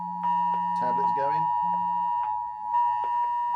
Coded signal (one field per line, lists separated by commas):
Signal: Emergency Alert System (SAME) tones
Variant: 853 and 960 Hz attention tone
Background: speech, music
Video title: Prepping for Imminent Disaster - Emergency Alert System, Protect and Survive, Threads - TNWKS Ep.48